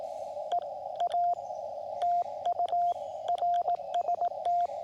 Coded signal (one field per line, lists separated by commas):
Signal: Morse code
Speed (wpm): 17 wpm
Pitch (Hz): 700 Hz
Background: radio noise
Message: E A TU RST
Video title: End Feed Half Wave Antenna Testing With QMX QRP